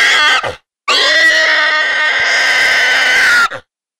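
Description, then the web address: Wild boar distress call: a brief squeal, a pause, then one sustained shrill scream of about two and a half seconds with strong harmonics. "pigs Wild Hog Distress"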